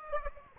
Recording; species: mosquito wingbeat signal from an infrared sensor; Aedes aegypti